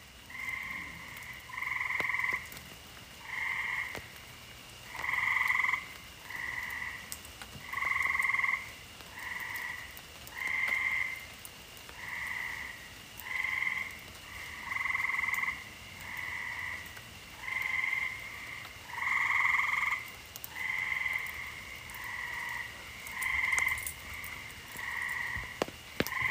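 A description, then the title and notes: Outdoors after a rainstorm, frogs call in a steady, regular chorus of short, bright croaks, roughly one each second and sometimes overlapping, for the whole clip. A soft low hiss sits underneath, with a few faint ticks and drips. Ribbit ribbit. Nature after rain storm.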